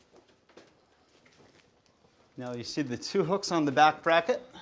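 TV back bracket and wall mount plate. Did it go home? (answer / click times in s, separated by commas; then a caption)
no / none. A TV is grabbed from the bottom and lifted toward its wall mount plate, with its back bracket hooks not yet engaged. Faint, quiet handling taps and bumps come in the first two seconds, then someone talks from about 2.4 s to the end. Nothing has seated or clicked yet.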